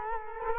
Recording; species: mosquito wingbeat signal from an infrared sensor; Culex quinquefasciatus